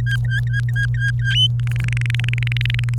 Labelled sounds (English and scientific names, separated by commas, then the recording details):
Domestic Canary (Serinus canaria) song
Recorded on 30 April 2018 at 07:31
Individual llb3